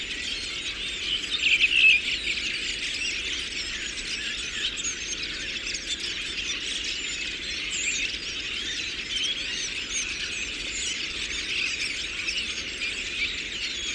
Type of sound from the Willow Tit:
song